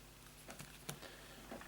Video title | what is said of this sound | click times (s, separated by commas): Trying to FIX: 3D Printing Pen | okay it wasn't a very satisfying click but that is | 0.9 s